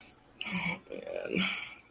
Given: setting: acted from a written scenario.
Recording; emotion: vocal sound without words; shame